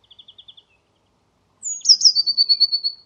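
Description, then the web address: Eurasian blue tit: a soft series of faint high ticks, a pause, then a thin falling note and a fast ringing trill. "cianscape birddata Deverinetal 2025 File origin Bird Only Cy Ca"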